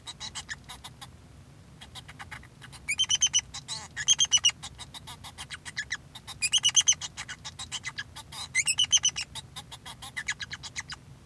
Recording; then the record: song of a male Bengalese finch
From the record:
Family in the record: son of father 2